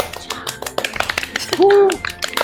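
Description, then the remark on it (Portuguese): A round of applause welcoming two first-time participants: many quick, irregular claps rattling steadily for a couple of seconds, with a short tonal whoop rising over the clapping near the end. “Salve de palmas, por favor, editora.”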